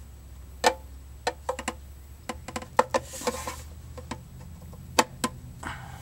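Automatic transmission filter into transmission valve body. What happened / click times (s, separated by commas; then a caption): The filter clicked into place / 5.0 s. A new automatic transmission filter fitted with its O-ring is pushed up into the transmission valve body of a 2010 Toyota Tacoma PreRunner SR5 TRD Sport. Several sharp plastic-like ticks and knocks sound as it is worked into position. It clicks into place and is seated at 5.0 s.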